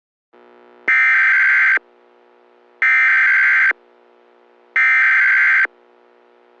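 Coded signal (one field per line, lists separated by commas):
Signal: Emergency Alert System (SAME) tones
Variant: header bursts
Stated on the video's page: Fictional EAS scenario about climate change, not a real alert.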